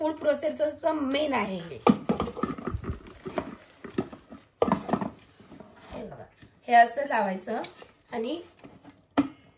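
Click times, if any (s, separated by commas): 9.2 s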